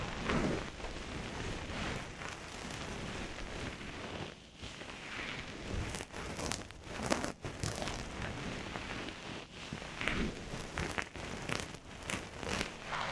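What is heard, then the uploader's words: Deep inner ear cleaning: dense, crackly scratching and rustling, with sharp bright bursts throughout and brief quieter gaps around four and seven seconds. 刺痛的深層掏耳. DEEP Inner Ear Cleaning. NO Talking.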